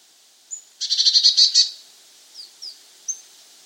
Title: Gelatikbt. Eurasian Blue Tit (Cyanistes caeruleus)